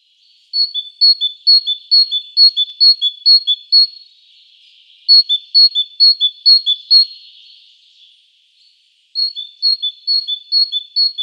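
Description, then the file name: Great tit song: bright two-note whistled phrases, high then lower, repeated rapidly in three bursts separated by short pauses, with a faint hiss between bursts. "Parus major"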